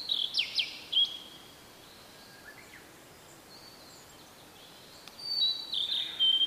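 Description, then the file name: Blue-and-white flycatcher song: a loud downslurred whistle with a sharp note at the start, a long pause, then a warbled whistled phrase near five seconds. "oruri"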